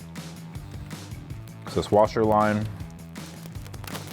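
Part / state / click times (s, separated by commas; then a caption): washer fluid line fitting onto grille washer connection / seated / 3.9 s. During a grille reinstall on a Jeep Wrangler, a plastic windshield washer line fitting is pushed onto its connection at the grille while someone talks. Soft handling taps lead up to a sharp click at 3.9 seconds as the fitting seats.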